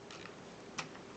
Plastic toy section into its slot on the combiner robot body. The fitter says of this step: pack it in over here locks in place very nicely over